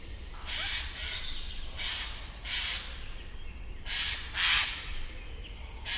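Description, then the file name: Eurasian jay screeching: several harsh, noisy rasps at irregular gaps, over a low rumble. "Garrulus glandarius"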